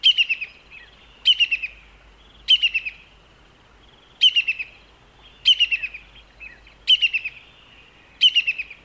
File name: Brown-hooded Kingfisher (Halcyon albiventris)